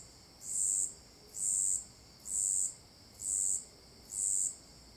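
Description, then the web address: Insect calling in high, even bursts about once a second, five bursts over a steady high-pitched hum. Cicadas and crickets giving marked, rhythmic calls; recorded at Alto Paraíso de Goiás, Brazil. "Cigarras e grilos marcados e ritmicos. local alto-paraiso-de-goias"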